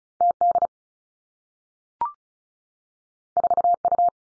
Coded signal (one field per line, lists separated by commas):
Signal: Morse code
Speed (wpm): 36 wpm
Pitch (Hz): 700 Hz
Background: none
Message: T D 4 U